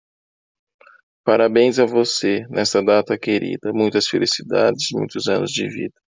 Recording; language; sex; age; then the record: short text; Brazilian Portuguese; male; 20 to 29 years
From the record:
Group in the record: control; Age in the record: 29 years